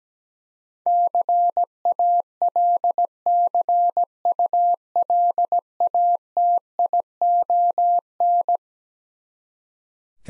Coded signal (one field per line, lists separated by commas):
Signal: Morse code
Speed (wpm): 17 wpm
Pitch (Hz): 700 Hz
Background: none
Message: CALCULATION